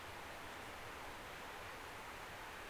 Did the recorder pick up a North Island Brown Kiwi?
no